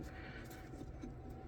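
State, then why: Not seated. The other side piece of an ambidextrous thumb safety is wiggled against the frame of a Tisas Stingray 1911 A1 pistol, working it toward popping into place. Only a steady, low broadband rumble with a faint hum is heard, with no distinct clicks. Nothing has seated or clicked yet.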